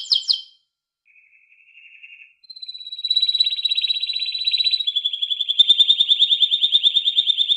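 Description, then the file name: Canary: a short burst of song, a soft low trill, then an increasingly loud rolling trill that carries to the end. "chant canari birdsforalldz"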